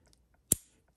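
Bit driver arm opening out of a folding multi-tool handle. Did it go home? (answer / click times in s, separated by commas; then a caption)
released / 0.5 s. The quarter-inch bit driver arm of a folding steel pocket multi-tool is swung out of its handle and snaps into its open detent position at 0.5 s with one sharp, bright click and a short ringing tail, after a faint tick near 0.1 s. The arm is released into the detent, which holds it in place but does not lock it.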